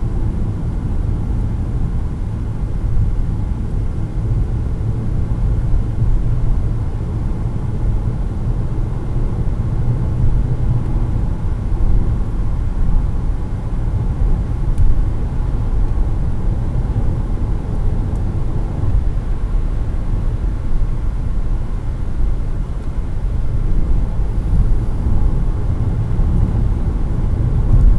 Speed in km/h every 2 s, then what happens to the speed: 103, 99, 103, 109, 115, 122, 121, 124, 128, 131, 128, 124, 127, 130.
3-17 speeds up to 131. 17-28 steady at about 128.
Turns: none.